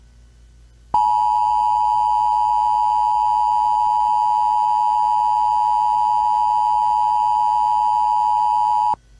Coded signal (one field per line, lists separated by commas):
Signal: Emergency Alert System (SAME) tones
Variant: 853 and 960 Hz attention tone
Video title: RADIOMETEORA - Asteroid Impact EAS Scenario